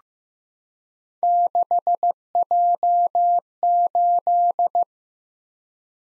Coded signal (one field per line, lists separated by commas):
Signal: Morse code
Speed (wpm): 15 wpm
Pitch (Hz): 700 Hz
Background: none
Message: 6J8